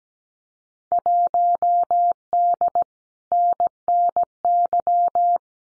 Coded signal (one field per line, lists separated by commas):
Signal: Morse code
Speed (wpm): 17 wpm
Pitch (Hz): 700 Hz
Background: none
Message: 1D NNY